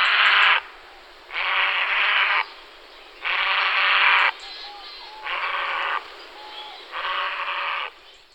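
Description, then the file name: Grey heron giving long, noisy, rasping calls, five broad hissing bursts each about a second long with short gaps between. "volavka-popelavá"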